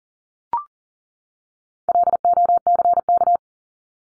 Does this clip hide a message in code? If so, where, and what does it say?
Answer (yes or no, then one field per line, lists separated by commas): yes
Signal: Morse code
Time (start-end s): 1.9-3.4 s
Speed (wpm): 40 wpm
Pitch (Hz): 700 Hz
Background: none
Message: LOCK